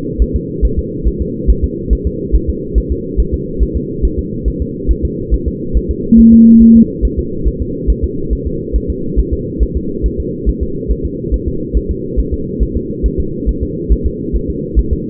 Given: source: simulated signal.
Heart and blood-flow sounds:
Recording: fetal heart sounds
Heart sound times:
0.22 s: S1
0.36 s: S2
0.65 s: S1
0.79 s: S2
1.08 s: S1
1.22 s: S2
1.50 s: S1
1.64 s: S2
1.93 s: S1
2.07 s: S2
2.35 s: S1
2.49 s: S2
2.78 s: S1
2.92 s: S2
3.20 s: S1
3.34 s: S2
3.63 s: S1
3.77 s: S2
4.05 s: S1
4.19 s: S2
4.48 s: S1
4.62 s: S2
4.91 s: S1
5.05 s: S2
5.34 s: S1
5.48 s: S2
5.77 s: S1
5.91 s: S2
6.20 s: S1
6.34 s: S2
6.62 s: S1
6.76 s: S2
7.05 s: S1
7.19 s: S2
7.48 s: S1
7.62 s: S2
7.90 s: S1
8.04 s: S2
8.33 s: S1
8.47 s: S2
8.76 s: S1
8.90 s: S2
9.19 s: S1
9.33 s: S2
9.63 s: S1
9.77 s: S2
10.06 s: S1
10.20 s: S2
10.49 s: S1
10.63 s: S2
10.91 s: S1
11.05 s: S2
11.34 s: S1
11.48 s: S2
11.77 s: S1
11.91 s: S2
12.20 s: S1
12.34 s: S2
12.63 s: S1
12.77 s: S2
13.06 s: S1
13.20 s: S2
13.49 s: S1
13.63 s: S2
13.92 s: S1
14.06 s: S2
14.36 s: S1
14.50 s: S2
14.79 s: S1
14.93 s: S2
From the record:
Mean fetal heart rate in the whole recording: 140 bpm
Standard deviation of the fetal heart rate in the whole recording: 2 bpm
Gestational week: 34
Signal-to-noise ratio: -6.6 dB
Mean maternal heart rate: 72 bpm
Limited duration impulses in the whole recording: present

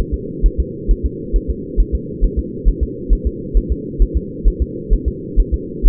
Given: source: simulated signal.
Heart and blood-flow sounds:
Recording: fetal heart sounds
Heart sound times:
0.14 s: S2
0.46 s: S1
0.60 s: S2
0.91 s: S1
1.06 s: S2
1.36 s: S1
1.50 s: S2
1.80 s: S1
1.95 s: S2
2.24 s: S1
2.39 s: S2
2.69 s: S1
2.83 s: S2
3.13 s: S1
3.27 s: S2
3.57 s: S1
3.72 s: S2
4.02 s: S1
4.17 s: S2
4.48 s: S1
4.62 s: S2
4.93 s: S1
5.08 s: S2
5.40 s: S1
5.54 s: S2
5.86 s: S1
From the record:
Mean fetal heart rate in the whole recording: 130 bpm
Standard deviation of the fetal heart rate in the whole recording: 2 bpm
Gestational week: 36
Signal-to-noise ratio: -4.1 dB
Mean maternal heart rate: no maternal heart sound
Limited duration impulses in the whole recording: absent

